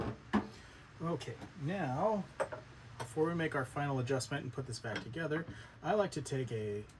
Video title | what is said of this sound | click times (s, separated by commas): Deep Clean an Elite Series Doublewide Crankless Drum Carder | This hitch pin goes over that and just pops into place. | 0.3 s